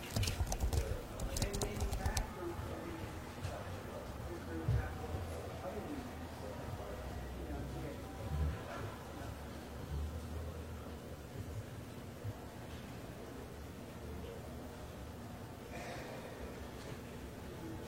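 Library ambience with a steady, dense murmur of indistinct voices running throughout. A quick flurry of crisp clicks and rustling fills the first two seconds, followed by scattered soft knocks and brief paper-like rustles near 5, 8 and 16 seconds.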